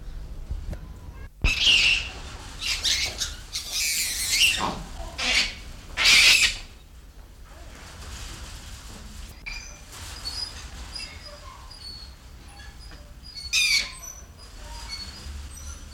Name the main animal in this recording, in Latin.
Lophocebus albigena